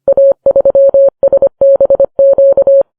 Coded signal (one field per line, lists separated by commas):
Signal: Morse code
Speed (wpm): 25 wpm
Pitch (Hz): 550 Hz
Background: none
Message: A3SBQ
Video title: Lviv: Another crushing blow—Episode 80 of the first English podcast on the Eastern Front of World Wa